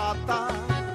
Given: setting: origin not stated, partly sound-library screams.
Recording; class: one-second piece from a danger detection set; normal situation